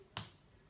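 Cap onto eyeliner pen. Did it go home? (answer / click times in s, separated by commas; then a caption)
yes / 0.2 s. A plastic cap is clicked back onto a felt-tip eyeliner pen, giving one sharp click at 0.2 s that stands out from a quiet background and fades quickly. The click confirms the cap is sealed, keeping moisture in.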